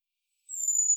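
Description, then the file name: Great tit, a single high, thin whistle beginning halfway through and held steadily to the end, after silence. "Parus major"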